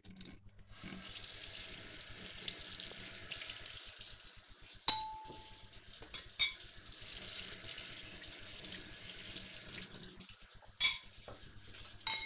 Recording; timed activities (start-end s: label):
household activities, microphone on the right wrist
0.00-12.26 s: washing dishes